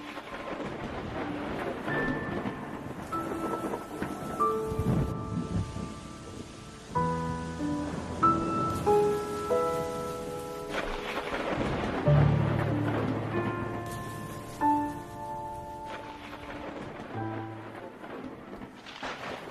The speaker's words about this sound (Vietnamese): Ở ngoài kia, mưa gió sấm sét vẫn cứ buông răng răng.